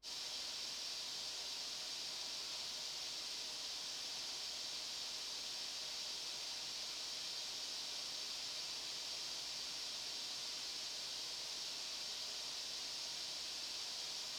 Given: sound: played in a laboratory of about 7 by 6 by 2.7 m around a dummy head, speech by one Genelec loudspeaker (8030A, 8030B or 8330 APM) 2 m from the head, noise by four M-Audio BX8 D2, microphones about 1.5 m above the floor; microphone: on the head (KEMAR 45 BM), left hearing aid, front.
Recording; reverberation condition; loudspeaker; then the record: white noise; medium; four, about 170 cm from the corners of the room and facing them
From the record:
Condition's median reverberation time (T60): about 510 ms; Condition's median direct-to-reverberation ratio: about -0.5 dB